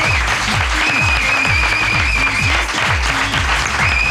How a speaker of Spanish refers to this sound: Es que te tengo que aplaudir. ¡Bravo!